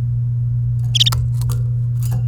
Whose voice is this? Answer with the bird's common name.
Domestic Canary